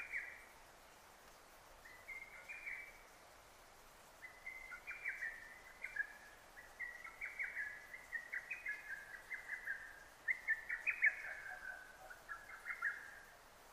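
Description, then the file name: Lesser cuckoo: strident, hurried phrases of clipped notes running almost continuously after a short opening, with only brief gaps between bursts. Recorded 6 June 2009. "hototogisu 20090606"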